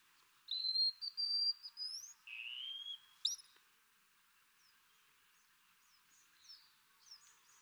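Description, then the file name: Wallcreeper with a few thin, high whistles, one rising and one lower, followed by faint short chirps. "TICHODROME"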